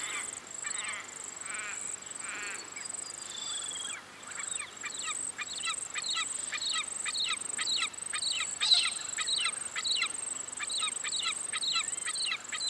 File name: Aquila Audax